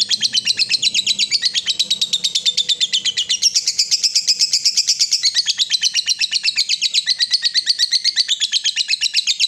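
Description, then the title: Yellow-vented bulbul chattering continuously, a rapid, regular train of high buzzy notes throughout. Used as a bird lure (pikat). "PIKAT TRUCUKAN"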